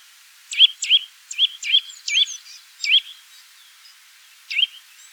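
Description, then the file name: Eurasian nuthatch calling: seven sharp, rising whistled notes, irregularly spaced with a pause before the last. "Sitta europaea"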